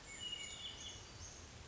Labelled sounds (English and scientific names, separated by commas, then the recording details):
Brown Creeper (Certhia americana)
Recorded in Sonoma County, California